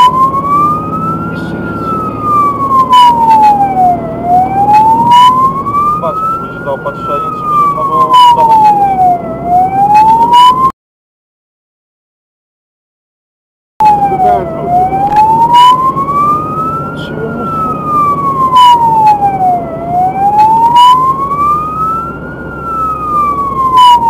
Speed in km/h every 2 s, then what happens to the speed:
52, 56, 56, 58, 61, 62, 64, 65, 66, 66, 65, 61.
0-15 speeds up to 66. 15-24 steady at about 65.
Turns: none.